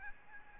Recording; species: mosquito wingbeat signal from an infrared sensor; Aedes albopictus